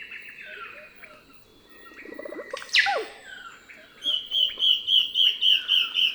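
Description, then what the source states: Russet-backed oropendola song: a low bubbling rattle swelling into a loud liquid note that swoops downward, then bright chirps repeated rapidly, about four per second. Several russet-backed oropendolas in a soundscape.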